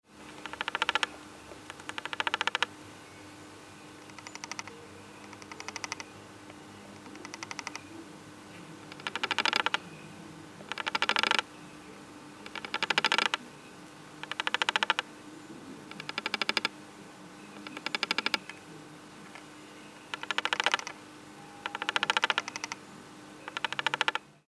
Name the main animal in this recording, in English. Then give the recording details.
Death-watch Beetle. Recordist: Tembrock, Günter. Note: Mehrere Käfer in einem starkwandigen Pappkarton: Klopfrhythmen